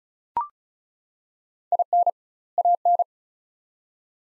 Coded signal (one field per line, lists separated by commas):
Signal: Morse code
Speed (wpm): 36 wpm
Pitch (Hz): 700 Hz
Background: none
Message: IN AN